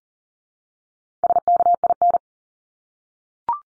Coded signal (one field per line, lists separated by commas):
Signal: Morse code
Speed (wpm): 40 wpm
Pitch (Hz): 700 Hz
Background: none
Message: SKIN